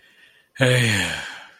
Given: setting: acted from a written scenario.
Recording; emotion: vocal sound without words; guilt